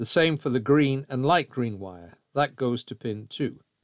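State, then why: Not seated. Someone talks while the spade terminal on the green and light green wire is handled for pushing into pin 2 of a plastic flasher relay socket, where its locking tab is meant to click in, while fitting hazard flashers to a Morris Minor. Only speech is heard, and the clip ends before the terminal goes home, so nothing has seated or clicked yet.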